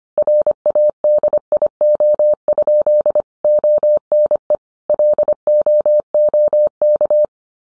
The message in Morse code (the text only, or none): RADIO? ONE LOOK